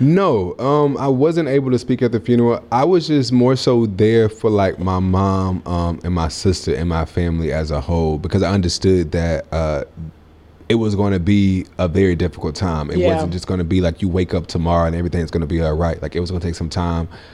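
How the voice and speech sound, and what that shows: A low-pitched adult man speaks conversationally and mostly fluently, with scattered stretched sounds, a part-word repetition and a stalled pause mid-sentence before resuming. These prolongations, repeats and a brief block fit a mild stutter, a speech impediment he has had since childhood.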